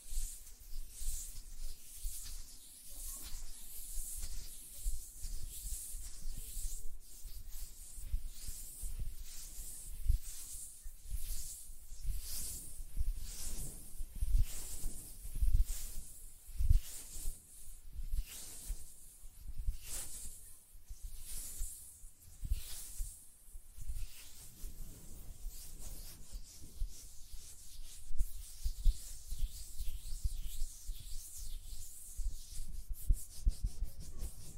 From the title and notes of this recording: ASMR Tapping on Nails, Finger Fluttering, Hand Sounds (No Talking).